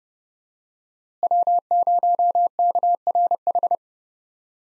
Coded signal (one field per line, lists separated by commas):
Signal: Morse code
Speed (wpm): 30 wpm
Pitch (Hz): 700 Hz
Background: none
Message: W0KRH